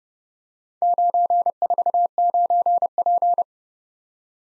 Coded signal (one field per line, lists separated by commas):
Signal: Morse code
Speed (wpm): 29 wpm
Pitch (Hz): 700 Hz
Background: none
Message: 949P